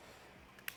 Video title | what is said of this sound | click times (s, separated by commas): Polaris RZR XP Turbo S & XP 4 Turbo S Tusk UTV Stage 3 Upgrade Kit Install | Press the cover down, make sure it clicks into place, and we'll pop the back cover up. | 0.7 s